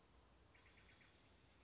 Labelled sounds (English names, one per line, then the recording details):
Steller's Jay
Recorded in Sonoma County, California